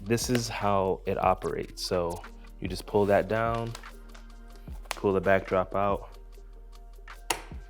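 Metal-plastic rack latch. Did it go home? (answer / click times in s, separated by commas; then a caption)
yes / 7.3 s. Someone talks while a paper backdrop roll is pulled out of a wall-mounted backdrop storage rack. The rack's holding arm is then released and snaps back into its locked position with a sharp click at 7.3 s, seating firmly.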